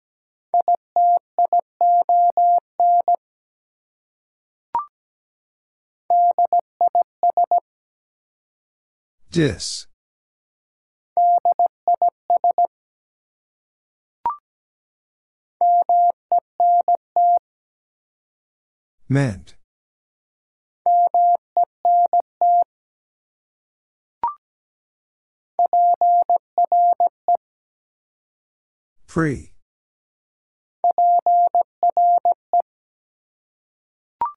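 Morse code beeps at a single steady mid pitch, sent in short bursts of dots and dashes with silent gaps between groups. Every few seconds a faint click separates groups, and three times a sharp sweeping burst cuts through, at roughly ten-second intervals.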